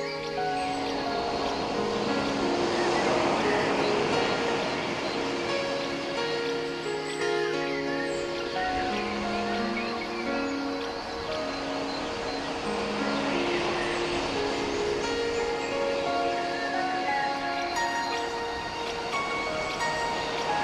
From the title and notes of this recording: It has nature, birds, waves, bells and soundscapes.